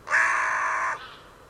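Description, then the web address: Bird giving a single long, harsh, level caw of almost a second. "cianscape. Deverinetal. Bird Only"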